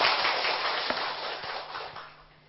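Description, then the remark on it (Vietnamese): An audience at a Buddhist dharma talk applauds to welcome the Venerable Thích Phước Tiến, a dense, steady wash of applause that fills the whole clip, with scattered sharper claps standing out and the sound easing slightly toward the end. “Xin đại chúng cho một tràng pháo tay thật lớn để cung nghinh đại đức.”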